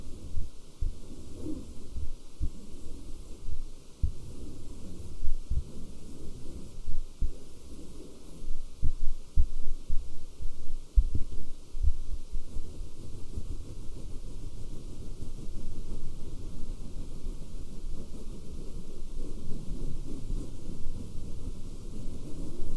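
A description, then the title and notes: Fabric is scratched and rubbed hard, with a muffled, low, dense sound that runs without pause. Soft thumps and sharper scrapes come irregularly, most strongly between about five and twelve seconds, before settling into a steadier rub. ASMR SCRATCHING FABRIC NO TALKING, FABRIC SOUNDS, AGGRESSIVE FABRIC SCRATCHING ASMR.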